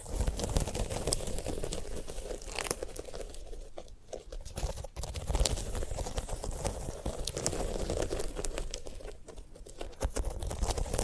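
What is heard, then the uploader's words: Dry crackling and crinkling from a sunflower head being handled, a dense run of small snaps and rustles with no pauses. Sharp clicks pop out every second or so, and the handling eases slightly around the fourth and ninth seconds before picking up again. ASMR of a Sunflower Head (No Talking).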